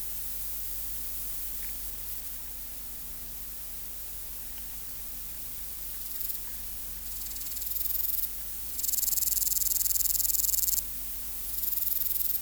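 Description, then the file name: Meadow katydid song: high, hissing buzzes that start faint, then come in longer bursts of one to two seconds separated by short pauses, over a steady low hum. "Conocephalus kisi"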